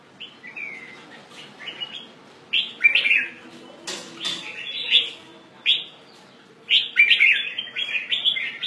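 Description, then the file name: Red-whiskered bulbul calling with short bubbly warbled phrases around mid-high pitch, in bursts with gaps, plus a brief clatter near the middle. "Pycnonotus jocosus"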